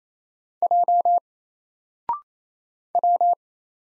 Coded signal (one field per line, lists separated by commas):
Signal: Morse code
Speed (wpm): 28 wpm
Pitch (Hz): 700 Hz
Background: none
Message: J W